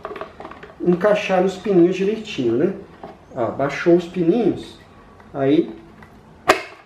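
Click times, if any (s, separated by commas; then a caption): 6.5 s. Someone talks while assembling a Britânia Ventus 30 six desk fan, pressing a plastic fan housing part with tabs into its seat on the mating fan body. A sharp click at 6.5 s marks the part snapping into place, fully seated.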